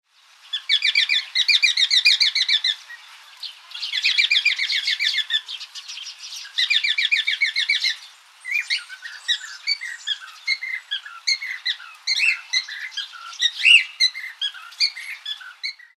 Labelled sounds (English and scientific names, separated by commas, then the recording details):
Cockatiel (Nymphicus hollandicus)
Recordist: Tembrock, Günter
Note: Rufreihen